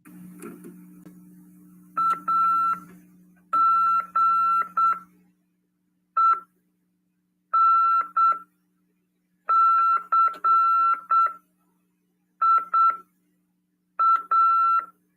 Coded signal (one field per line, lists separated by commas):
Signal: Morse code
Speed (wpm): 8 wpm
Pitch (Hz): 1340 Hz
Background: none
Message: AGENCIA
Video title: RADIOAMADOR 31/12/2022 "AULA 55: CW, LEGIS e C.RODADA" PY2EXU PAULO SP/SP FM 146.410 Mhz CRAS/RAF.